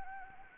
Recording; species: mosquito wingbeat signal from an infrared sensor; Anopheles gambiae